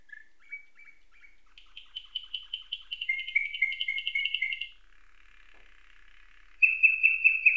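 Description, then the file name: Atlantic canary song of several sections: scattered whistles, a long rapid buzzy trill, a softer rattling stretch, then a loud, evenly pulsed rolling phrase. Canary song tutored with nightingale song, a style called isian nightingale. "suara kenari isian nightingale"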